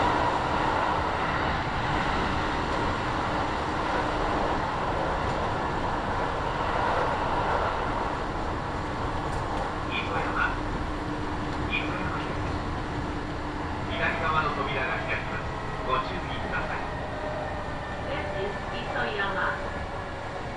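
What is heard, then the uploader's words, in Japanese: A local train on the Kintetsu Nagoya Line rolls along with a steady, dense rumble and a low, constant hum underneath. From about ten seconds on, brief bright tones and what may be voices break through the running noise several times. 近鉄名古屋線各駅停車 白子→津新町。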